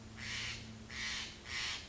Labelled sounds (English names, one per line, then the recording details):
Steller's Jay
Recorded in Sonoma County, California